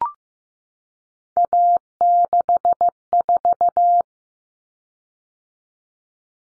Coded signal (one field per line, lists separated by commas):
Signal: Morse code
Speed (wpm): 15 wpm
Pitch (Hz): 700 Hz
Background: none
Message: A64